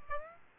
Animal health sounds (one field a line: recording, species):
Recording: mosquito wingbeat signal from an infrared sensor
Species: Aedes aegypti